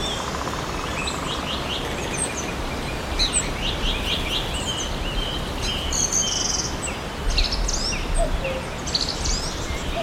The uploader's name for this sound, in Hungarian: Ébredő erdő